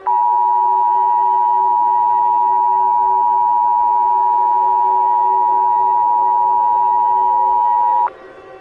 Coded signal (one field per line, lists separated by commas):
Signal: Emergency Alert System (SAME) tones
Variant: 853 and 960 Hz attention tone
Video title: EAS Scenario - Airborne Violent Virus Remastered